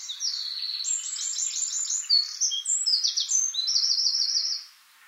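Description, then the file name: Eurasian wren singing a sustained, piercing series of rapid trills and chattering notes, ending with a wavering high trill. "Troglodytes troglodytes"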